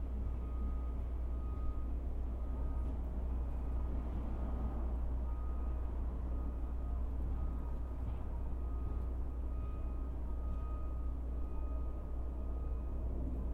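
A steady low rumble of traffic and machinery fills the whole stretch, thick and unchanging in loudness. Faint thin tones recur at regular intervals, like a distant beeping, and a brief higher chirp or two appears around the middle.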